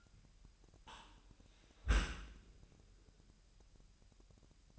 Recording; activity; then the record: daily activity, microphone in the room; close dishwasher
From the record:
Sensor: 2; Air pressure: 998.2 hPa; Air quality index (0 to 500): 147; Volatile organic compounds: 4 ppm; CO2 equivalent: 1663 ppm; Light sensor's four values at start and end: 10/30/12/11 and 10/30/12/11